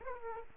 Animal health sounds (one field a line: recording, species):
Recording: mosquito wingbeat signal from an infrared sensor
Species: Aedes aegypti